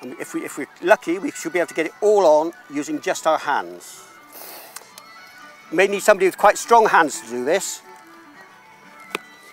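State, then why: Seated. Someone talks while the last section of a bicycle tire bead is pushed by hand over the wheel rim after the inner tube has been fitted. At 9.2 s the bead goes onto the rim with a short, sharp snap, and the tire is seated.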